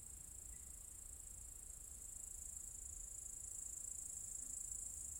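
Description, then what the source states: Cicadas giving a continuous high, hissing buzz that grows a little louder throughout, over a low background rumble. Several cicadas in an apple tree orchard at Zalensų Sodybos, Lithuania, recorded 23 August 2015.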